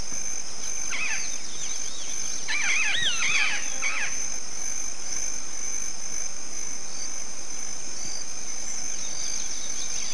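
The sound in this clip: Yellow-faced parrot calls: a short burst of harsh, squawking notes in the first four seconds, over a steady high insect drone that continues to the end.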